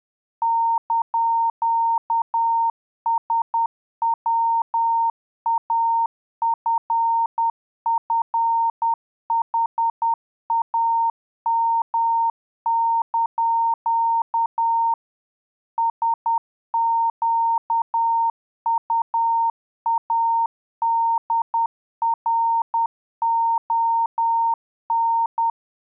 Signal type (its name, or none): Morse code